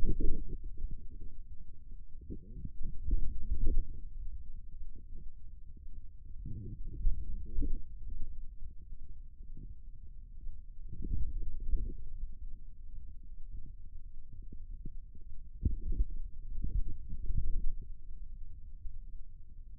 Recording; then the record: forearm muscle sounds (acoustic myography)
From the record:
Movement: wrist extension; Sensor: system 2, bracelet of six BSWA MPA416 microphones around the upper forearm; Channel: 3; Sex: male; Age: 22 years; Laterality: right